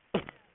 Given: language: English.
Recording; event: throat vibration sensor signal played as sound; cough